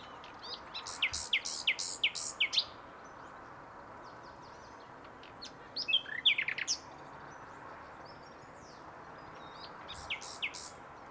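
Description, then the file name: Common nightingale song: loud rapid repeated strokes early, a brief tumbling phrase mid-way, and a few sharp notes at the end, with long pauses between. "Luscinia megarhynchos"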